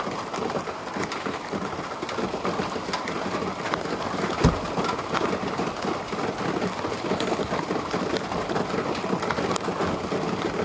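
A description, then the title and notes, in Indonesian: Light rain patters steadily throughout, a dense, even spatter of small drops with brief brighter ticks scattered across it. A low rumble sits underneath the whole time, and a single sharper knock stands out about halfway through. Rintik hujan begitu nyaman didengar kala itu.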